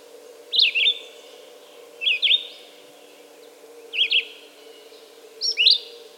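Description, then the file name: Red-eyed vireo song: short, slurred whistled phrases, each rising and falling, repeated with pauses of about a second, over a steady low hum. "red-eyed vireo song by jonathon jongsma"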